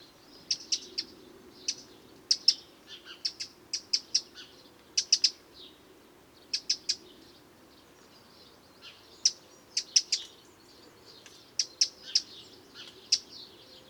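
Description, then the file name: Eurasian wren calls: hard clicking notes, singly or in short scattered groups, with pauses between bursts. "Troglodytes troglodytes"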